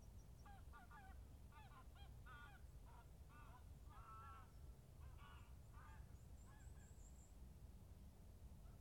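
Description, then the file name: Goose: repeated nasal honks in short irregular bursts over about seven seconds, with constant low rumbling background noise. Recorded at Bonaly Country Park. "Geese Bonaly Country Park"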